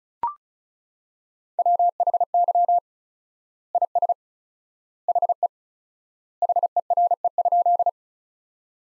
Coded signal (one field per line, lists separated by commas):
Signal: Morse code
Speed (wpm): 36 wpm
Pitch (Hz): 700 Hz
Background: none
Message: WHY IS HE HERE?